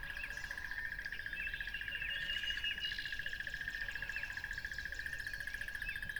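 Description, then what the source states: Crickets keep up a continuous rapid pulsing buzz, unbroken throughout, with scattered bird chirps and short whistles above. Crickets recorded beside a lively tropical river.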